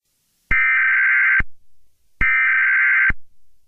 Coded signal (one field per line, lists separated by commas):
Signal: Emergency Alert System (SAME) tones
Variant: header bursts